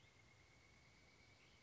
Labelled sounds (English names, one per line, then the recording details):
Pileated Woodpecker
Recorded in Sonoma County, California